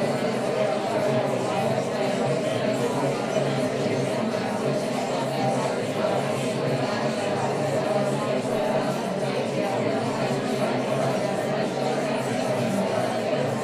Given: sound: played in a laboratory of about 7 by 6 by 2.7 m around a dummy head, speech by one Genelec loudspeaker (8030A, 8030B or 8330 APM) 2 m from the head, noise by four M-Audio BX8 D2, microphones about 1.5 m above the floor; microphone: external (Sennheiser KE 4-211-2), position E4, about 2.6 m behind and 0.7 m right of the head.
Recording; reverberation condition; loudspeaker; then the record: babble noise; medium; four, about 170 cm from the corners of the room and facing them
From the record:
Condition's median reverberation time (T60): about 510 ms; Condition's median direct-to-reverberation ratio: about -0.5 dB